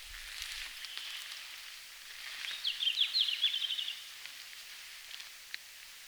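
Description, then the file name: Red-flanked bluetail song: one high, rapid phrase of sweet warbled notes amid soft background noise. Recorded in Finland on 17 June 2019 at 17:00. "Robin à flancs roux-20190617-1700-Finlande"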